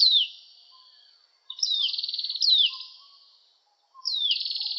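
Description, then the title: Oriental magpie-robin song: loud, clear whistled notes sweeping downward, each trailing into a buzzy rattling phrase, separated by short pauses. "Kicau Kacer"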